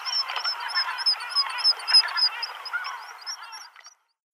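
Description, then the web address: Black guillemot giving a fast, even series of short high whistled notes, about four per second, above busy lower chattering that fades out near the end. "Schulze Peter Black Guillemot song"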